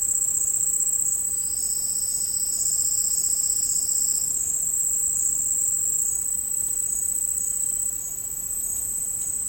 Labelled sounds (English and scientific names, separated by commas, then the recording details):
none
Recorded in secondary vegetation near Puerto Asís, Putumayo, Colombia, on 8 March 2025 at 11:00
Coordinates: 0.502, -76.326
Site G100